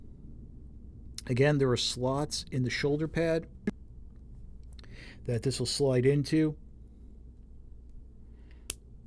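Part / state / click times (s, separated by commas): plastic part into shoulder pad slots of a block-built figure / seated / 8.7 s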